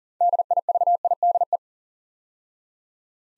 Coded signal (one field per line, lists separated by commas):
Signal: Morse code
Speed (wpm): 38 wpm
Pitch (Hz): 700 Hz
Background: none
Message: DIVIDE